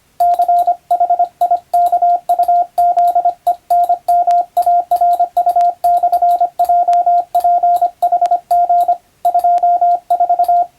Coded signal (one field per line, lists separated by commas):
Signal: Morse code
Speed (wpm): 25 wpm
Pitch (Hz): 700 Hz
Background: radio noise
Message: CHIKUZENMARU/JPHG 24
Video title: モールス信号を使用して船と陸との連絡をする船舶通信士！昭和の頃の通信手段です。アマチュア無線の受信トレーニングにどうぞ！YouTubeの再生速度を設定して聞こう morse code practice